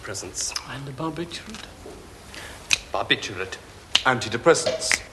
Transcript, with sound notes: And a barbiturate.
(finger snap) Barbiturate.
(finger snap) Antidepressants.